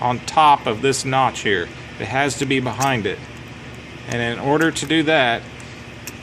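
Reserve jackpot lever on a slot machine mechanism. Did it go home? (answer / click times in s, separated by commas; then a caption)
no / none. Someone talks while handling the metal reserve jackpot lever on a Mills slot machine mechanism before install; the V-shaped part has to sit behind the notch of the reserve jackpot door, and the lever must be pushed forward so it engages. A brief sharp sound comes near the end at 6.1 s, but nothing has seated or engaged yet.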